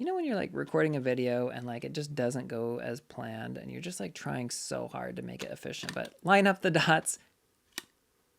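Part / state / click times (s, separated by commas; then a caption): teleconverter onto telephoto lens mount / seated / 7.8 s. A teleconverter is lined up by its mount dots and twisted onto a telephoto lens bayonet mount while someone talks. After the talk stops, a single short, sharp click is heard at 7.8 s. It is attached.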